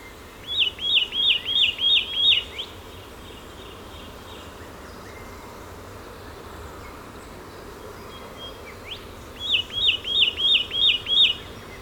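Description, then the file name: Satin flycatcher calls: two bursts of about six quick, upslurred whistled notes, roughly three per second, separated by a long pause over a steady background hiss. "Myiagra Cyanoleuca"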